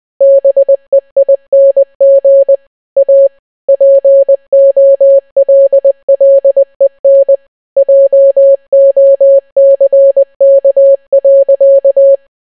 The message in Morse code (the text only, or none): BEING A POLLEN JOCK.